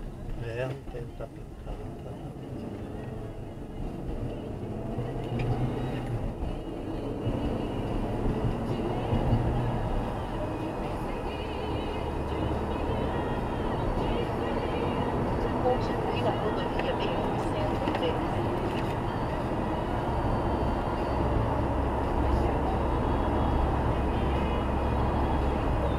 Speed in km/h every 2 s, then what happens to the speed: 25, 41, 54, 67, 75, 83, 91, 96, 98, 97, 98, 99, 99.
0-13 speeds up to 96. 13-26 steady at about 98.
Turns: none.